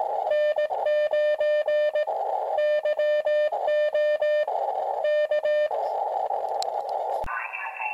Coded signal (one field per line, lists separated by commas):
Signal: Morse code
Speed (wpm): 18 wpm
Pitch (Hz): 600 Hz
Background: speech, music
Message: N9YO K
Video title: New Years Eve ICE COLD QRP | KuriosDealz Long Wire Antenna